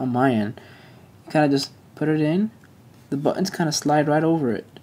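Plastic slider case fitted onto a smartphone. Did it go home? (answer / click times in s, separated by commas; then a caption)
no / none. An iPhone 3G is pressed into a plastic Agent 18 EcoShield Slider case, with the case's buttons sliding over the phone's buttons. Someone talks throughout, and nothing has seated or clicked yet.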